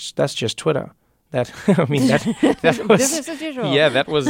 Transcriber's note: laughter